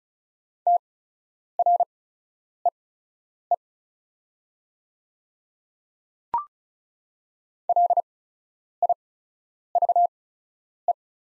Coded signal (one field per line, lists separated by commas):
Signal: Morse code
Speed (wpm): 34 wpm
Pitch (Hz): 700 Hz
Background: none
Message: TREE LIVE